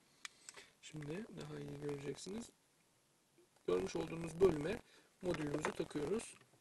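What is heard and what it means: A Becker Map Pilot plug-in navigation module is handled at its slot in a car's glovebox while someone talks, with two brief sharp ticks near 0.2 and 0.5 seconds before the speech. The module has not yet seated or clicked into place by the end of the clip.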